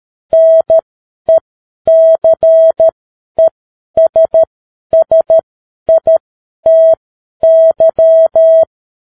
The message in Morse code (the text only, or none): NECESSITY